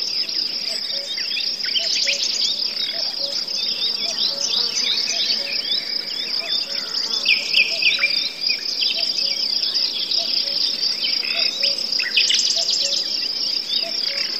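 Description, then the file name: Crickets and forest birds: dense high cricket trilling runs throughout, layered with busy bird twittering and faint low hooting notes at intervals. Forest soundscape with birds, cuckoos and crickets. "les ptici kukushki sverchki zhuzhzhanie muhi"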